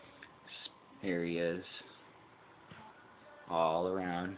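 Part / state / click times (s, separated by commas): RAM compartment door into netbook bottom case / not seated / none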